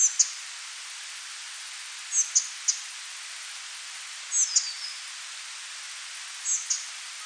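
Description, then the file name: Spotted flycatcher giving thin, high-pitched calls in four spaced groups against a constant hiss. "Pigliamosche"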